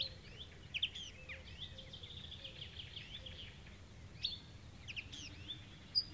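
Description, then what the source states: Marsh warbler singing scratchy, high chattering phrases and whistles with a pause between, over low background noise. Recorded 6 June 2016.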